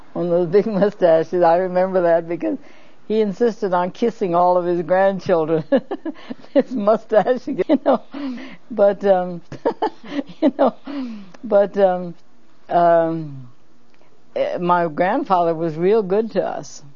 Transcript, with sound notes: One of the big mustaches I remember that because he insisted on kissing all of his grandchildren - (laughs) his mustache, you know. But um, (laughs) you know - but um - um - e— my grandfather was real good to us.